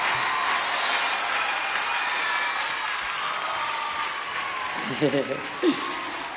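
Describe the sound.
Steady, dense applause from a crowd with scattered cheers, holding at an even level throughout, with a few brief voice bursts rising near the end.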